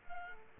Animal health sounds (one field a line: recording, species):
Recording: mosquito wingbeat signal from an infrared sensor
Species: Aedes aegypti